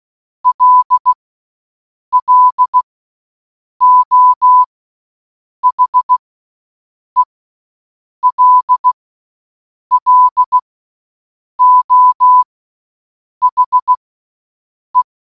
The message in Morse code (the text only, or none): LLO HELLO HE